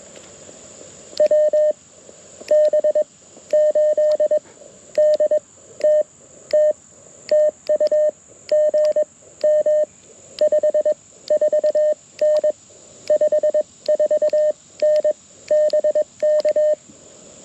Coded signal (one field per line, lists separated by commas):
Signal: Morse code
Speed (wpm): 21 wpm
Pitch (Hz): 610 Hz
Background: none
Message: WB8DTT TU GM 54N 54N BK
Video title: Saturday Morning QRP CW POTA Activation - 08/05/2023 @ K-4451